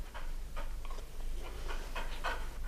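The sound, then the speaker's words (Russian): A dog lying down pants in quick, steady breaths, roughly two or three per second, each a soft airy huff over a constant low hum. “Очень хорошая собака.”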